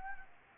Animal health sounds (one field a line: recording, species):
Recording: mosquito wingbeat signal from an infrared sensor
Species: Anopheles gambiae